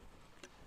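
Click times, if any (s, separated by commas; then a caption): 0.4 s. The clip on a solo knit head band, with its small arrow lined up, is pushed with a thumb on its back onto the head strap attachment of a Hover VR headset. A single sharp click at 0.4 s rises clearly above a low, steady background hiss. The clip snaps into place and is seated on the strap.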